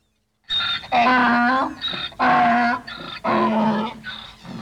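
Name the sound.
donkey braying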